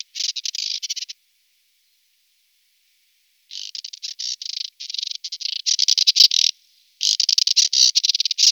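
Moussier's redstart song: fast chattering, gritty pulse trains, a long silent gap, then louder, denser scratchy runs toward the end.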